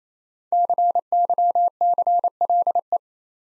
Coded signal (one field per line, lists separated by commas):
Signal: Morse code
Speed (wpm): 27 wpm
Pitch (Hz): 700 Hz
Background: none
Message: CYCLE